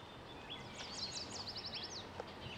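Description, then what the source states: Yellow Warbler song: a quick series of high, sweet whistled notes in a rapid run over steady background noise. Migratory bird spending its summer in Pittsburgh, singing in the background by a lake; song described as 'sweet, sweet, sweet, I'm so very sweet'.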